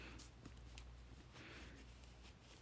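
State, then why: Seated. The plastic latch on the lid of a small, compact plastic earring organizer box with a clear top is snapped shut with a sharp, short click at 0.8 s, seating the lock so it holds firmly and won't come loose. Softer handling taps come before and after the click against a steady low background hum.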